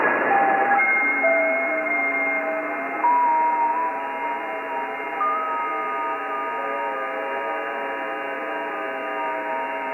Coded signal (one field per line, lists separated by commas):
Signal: FT8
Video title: QLog (By W2JDB) as a companion program to WSJT-X for the Visually Impaired / Blind HAM.